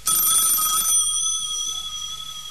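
A telephone bell rings in one loud metallic burst of rattling clangs, then cuts off, leaving bright high-pitched tones that slowly fade. No one speaks.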